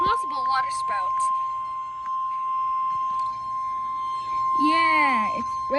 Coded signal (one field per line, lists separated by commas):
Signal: Emergency Alert System (SAME) tones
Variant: 1050 Hz attention tone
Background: speech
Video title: Special Marine Warning On Station KHB34 (Miami, FL) EAS #195 Station Credits To ???